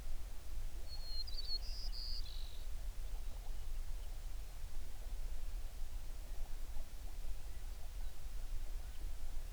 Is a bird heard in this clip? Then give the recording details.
yes. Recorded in the Prudhoe Bay oil fields, Alaska, on 11 June 2019 at 05:25. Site 21